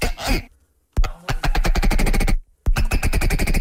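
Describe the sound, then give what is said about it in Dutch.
A reconstructed dodo call: harsh, nasal bird cries like a duck with a cold, in three loud bursts of rapid rattling pulses separated by short silences, with no voices. “Ja, het is later gereconstrueerd hoe die dodo moet hebben geklonken.”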